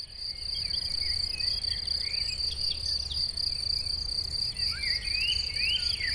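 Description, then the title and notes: Continuous shrill cricket chorus, with birds twittering and sliding notes, loudest near the end, over a soft low hum of traffic. Chorus of crickets in a sunny west-facing sloping meadow at Chindrieux, France, with birdsong from surrounding trees and traffic noise from the nearby road. "Chindrieux, France - Concert de grillons. Dans une prairie ensoleillée en pente orientée à l'Ouest , concert de grillons et chants d'oiseaux dans les arbres à l'entour , bruits de circulation de la route proche"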